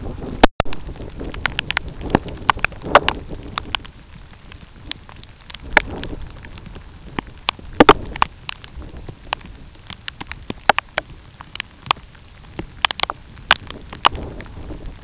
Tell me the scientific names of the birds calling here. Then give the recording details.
none. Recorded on Arctic tundra, site UTQI-2, on 13 June 2019. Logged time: 12:00